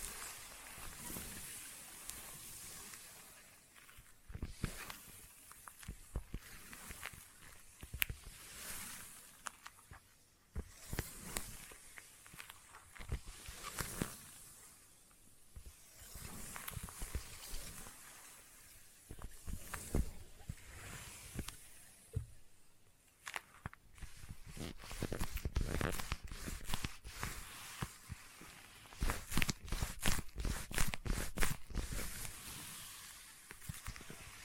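Sticky tapping and sticky trigger sounds run steadily through all 34 seconds, made of dense, crackling clicks and peeling noises with a hissy, bright edge. The taps come in quick irregular bursts and grow sharper and louder after about 23 seconds.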